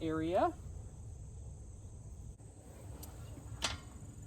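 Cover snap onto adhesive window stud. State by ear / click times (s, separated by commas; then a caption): seated / 3.6 s. Someone talks briefly at the start as the female snap on the back of a padded fabric window cover is pressed onto the top-centre stud, which is stuck with adhesive to an Airstream Basecamp or Argosy trailer window. A faint tick at 3.0 seconds is followed by a louder, sharp snap at 3.7 seconds as the fastener closes and seats on the stud.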